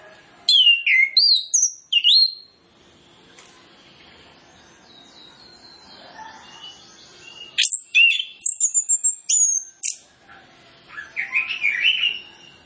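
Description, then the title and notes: Orange-headed Thrush delivering fast bursts of piercing whistled notes, with a buzzy rippling passage in between and a warbled run at the end. Lure track for Orange-headed Thrush, full of fill-in phrases, meant to prompt birds to sing fully and quickly. "Masteran Anis Kembang Full Isian Untuk Suara Pancingan Anis Kembang Agar Cepat Ngeplong. Suara Burung Anis Kembang"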